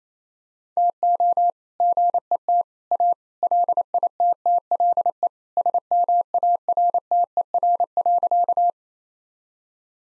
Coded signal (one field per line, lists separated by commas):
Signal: Morse code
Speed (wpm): 28 wpm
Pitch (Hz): 700 Hz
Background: none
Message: TO GET A LITTLE SMARTER.